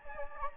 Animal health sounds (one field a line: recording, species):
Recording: mosquito wingbeat signal from an infrared sensor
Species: Anopheles gambiae